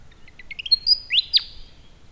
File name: Rhipidura Leucophrys